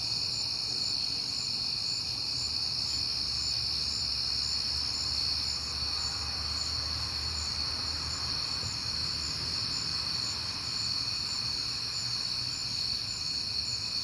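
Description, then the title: Crickets keep chirping in a steady high chorus while a passing car swells and fades with a broad whooshing rumble through the middle. Crickets heard often in September; recorded at night on a peaceful night, with passing cars. "Night Time: Crickets and Passing Cars"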